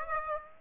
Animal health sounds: mosquito wingbeat signal from an infrared sensor; Aedes aegypti

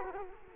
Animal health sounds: mosquito wingbeat signal from an infrared sensor; Culex quinquefasciatus

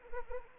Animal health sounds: mosquito wingbeat signal from an infrared sensor; Anopheles arabiensis

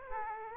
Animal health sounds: mosquito wingbeat signal from an infrared sensor; Aedes aegypti

